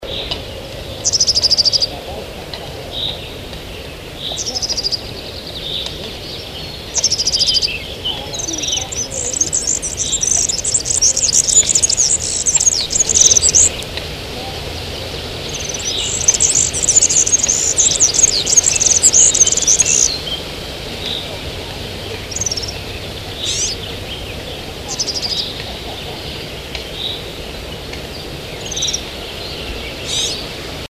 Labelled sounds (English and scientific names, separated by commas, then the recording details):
European Serin (Serinus serinus)
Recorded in the wild
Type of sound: call, song
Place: Clausthal-Zellerfeld, Oberharz, Niedersachsen, DE
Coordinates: 51.78, 10.33
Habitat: forest
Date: 1985-06-11
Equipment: Sony WM-D6C, Big Ear
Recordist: Skiba, Reinald
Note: Buntenbock